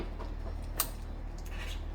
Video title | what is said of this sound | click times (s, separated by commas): Replacing Silverado Fuel Lines | And all that does is pull forward until it clicks in. | 0.8 s